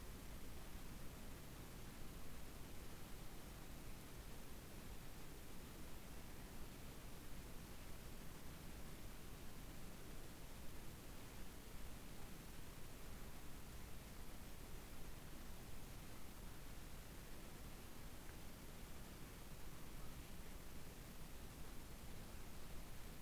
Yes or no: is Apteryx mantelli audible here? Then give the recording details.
no. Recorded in New Zealand on 8 January 2015. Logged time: 04:57. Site BX23